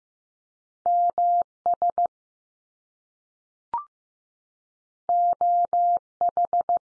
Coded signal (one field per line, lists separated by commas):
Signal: Morse code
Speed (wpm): 15 wpm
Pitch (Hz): 700 Hz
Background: none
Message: MS OH